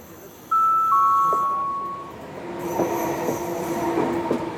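Steady rumble of a train at a platform of Manarola railway station in Riomaggiore, Italy, with a brief two-tone electronic chime early on, followed by sustained metallic screeching from wheels as a train rolls along the track.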